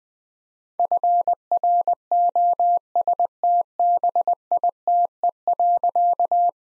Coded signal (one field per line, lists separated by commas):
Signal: Morse code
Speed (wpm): 21 wpm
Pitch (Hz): 700 Hz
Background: none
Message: FROSTBITE.